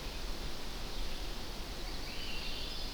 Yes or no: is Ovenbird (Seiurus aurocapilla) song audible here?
no